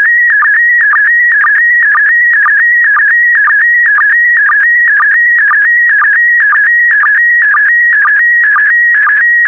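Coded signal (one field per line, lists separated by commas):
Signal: SSTV (slow-scan television)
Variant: PD120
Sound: warbling high tone near 2 kHz, with a short low blip about twice a second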